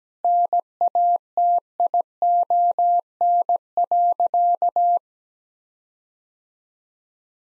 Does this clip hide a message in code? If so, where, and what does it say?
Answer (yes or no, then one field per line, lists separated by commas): yes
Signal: Morse code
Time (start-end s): 0.2-5.0 s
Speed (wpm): 17 wpm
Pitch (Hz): 700 Hz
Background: none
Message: NATION.